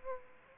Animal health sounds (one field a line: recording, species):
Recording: mosquito wingbeat signal from an infrared sensor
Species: Aedes aegypti